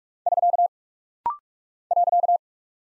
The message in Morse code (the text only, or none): <SK> .